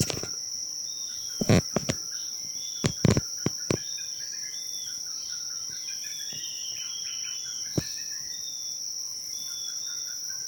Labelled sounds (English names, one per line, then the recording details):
Jameson's Antpecker
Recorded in Bwindi, Uganda